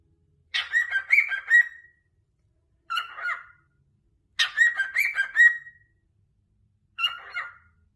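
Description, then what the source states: Cockatiel singing: long warbling whistled phrases alternate with short chattering bursts, with silent gaps of about a second between them. Several cockatiels singing and whistling.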